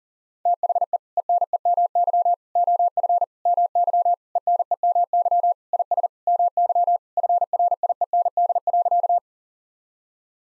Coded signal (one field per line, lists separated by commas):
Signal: Morse code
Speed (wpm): 40 wpm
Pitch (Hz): 700 Hz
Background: none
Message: THE ENEMY OF MY ENEMY IS MY FRIEND.